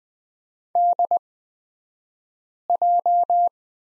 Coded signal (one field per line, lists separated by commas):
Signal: Morse code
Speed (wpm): 20 wpm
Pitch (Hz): 700 Hz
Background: none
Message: DJ